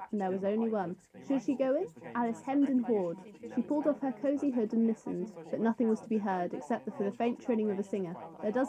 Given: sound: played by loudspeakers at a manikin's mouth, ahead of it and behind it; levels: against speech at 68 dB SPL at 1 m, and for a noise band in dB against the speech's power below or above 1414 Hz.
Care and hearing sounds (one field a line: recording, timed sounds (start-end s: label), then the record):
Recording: test signals for a remote microphone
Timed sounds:
0.00-8.69 s: woman speaking, babble ahead at +6 dB SNR for speech at 1 m
From the record:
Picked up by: measurement microphone